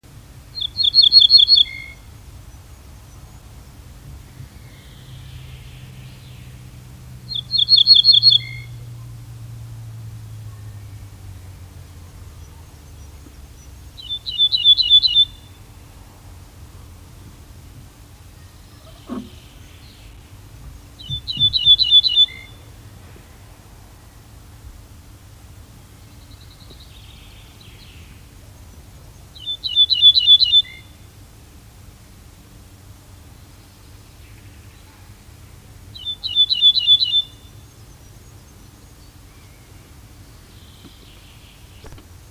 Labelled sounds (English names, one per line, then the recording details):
Ortolan Bunting song
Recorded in the wild
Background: Fringilla coelebs
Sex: male
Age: adult
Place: Schloß Holte-Stukenbrock, Senne, Nordrhein-Westfalen, DE
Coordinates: 51.8667, 8.65861
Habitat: wood
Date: 1972-06-17
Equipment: Uher 4200 Report Stereo, Bändchenmikro Beyer M 260, Parabolspiegel Polyester (600 mm)
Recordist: Conrads, Klaus
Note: Waldecke südlich Hof Brock (Furlbach-Gebiet). Männchen: Gesang. Im Hintergrund Buchfink